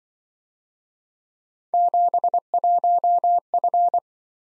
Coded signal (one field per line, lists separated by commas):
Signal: Morse code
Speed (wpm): 25 wpm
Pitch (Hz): 700 Hz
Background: none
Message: 71F